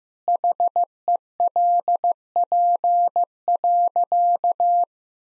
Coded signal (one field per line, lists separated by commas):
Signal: Morse code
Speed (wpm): 15 wpm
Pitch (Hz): 700 Hz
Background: none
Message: HELP.